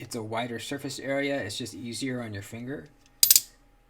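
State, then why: Seated. Someone talks, then a large folding knife with a button-style lock is closed and its blade hits home against the lock mechanism in the handle. A sharp metallic click at 3.2 s is followed by quick tinging clicks through about 3.4 s as the blade seats closed.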